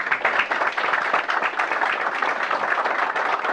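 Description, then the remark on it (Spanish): Steady applause from an audience opening a day's event at UTEC in Uruguay, attended by professionals from Uruguay and other countries: a dense wash of many hands clapping at an even, sustained level throughout, with no voices standing out. “Con estos aplausos se daba inicio a una jornada con presencia de profesionales de Uruguay y otros países acá, en la UTEC.”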